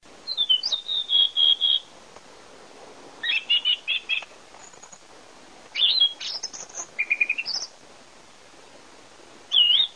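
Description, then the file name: Thrush singing short, high whistled phrases, each note repeated a few times, with pauses between bursts. "TORDOGIUSEPPE"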